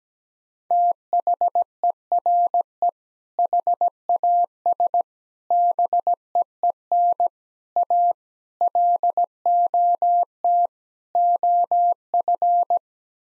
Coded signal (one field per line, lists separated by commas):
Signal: Morse code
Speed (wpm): 17 wpm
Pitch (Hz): 700 Hz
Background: none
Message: THERE HAS BEEN A LOT OF